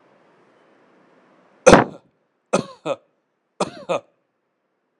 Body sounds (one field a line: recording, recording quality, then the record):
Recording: heavy voluntary cough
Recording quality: excellent, no background noise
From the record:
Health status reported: healthy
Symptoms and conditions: none ticked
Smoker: not ticked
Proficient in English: yes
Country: India